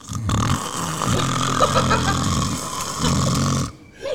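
An adult woman imitates her own snoring: one long, coarse, rattling low snore of about three seconds. She snores like this all night, and the snoring is loud enough to be heard in the kitchen and every room of her former apartment.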